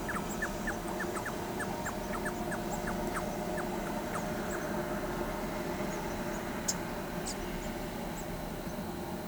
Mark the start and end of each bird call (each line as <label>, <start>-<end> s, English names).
Bicolored Wren, 0.08-4.58 s
Blue-gray Tanager, 6.68-7.32 s
Tropical Kingbird, 8.17-8.22 s